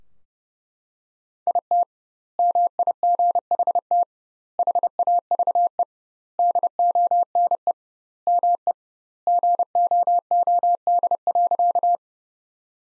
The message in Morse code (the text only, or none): IT MIGHT HAVE DONE ME GOOD.